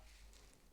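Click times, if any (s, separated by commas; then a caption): none. A Dexcom G6 CGM transmitter rests in the opening of its sensor pod, placed but not yet clicked in, so it is not secure and would fall out. Mostly quiet low rumble and faint handling noise is heard, with one very faint brief tick at about 0.5 s. Nothing has seated or clicked yet.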